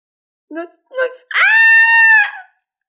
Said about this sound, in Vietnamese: Vũ Huyên ngẩn ra rồi hét lên, vội dãy khỏi ngực Tô Minh, liên tục lùi hơn 10 mét, biểu tình tức giận trừng hắn.